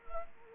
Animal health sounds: mosquito wingbeat signal from an infrared sensor; Culex quinquefasciatus

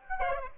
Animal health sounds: mosquito wingbeat signal from an infrared sensor; Aedes aegypti

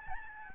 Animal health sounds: mosquito wingbeat signal from an infrared sensor; Aedes albopictus

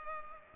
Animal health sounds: mosquito wingbeat signal from an infrared sensor; Culex pipiens

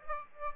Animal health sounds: mosquito wingbeat signal from an infrared sensor; Aedes aegypti

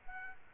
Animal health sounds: mosquito wingbeat signal from an infrared sensor; Culex quinquefasciatus

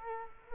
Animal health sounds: mosquito wingbeat signal from an infrared sensor; Culex quinquefasciatus

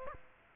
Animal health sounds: mosquito wingbeat signal from an infrared sensor; Aedes aegypti

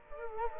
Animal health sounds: mosquito wingbeat signal from an infrared sensor; Culex quinquefasciatus

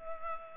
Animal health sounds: mosquito wingbeat signal from an infrared sensor; Culex pipiens

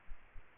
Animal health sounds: mosquito wingbeat signal from an infrared sensor; Aedes aegypti

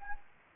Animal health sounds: mosquito wingbeat signal from an infrared sensor; Anopheles gambiae

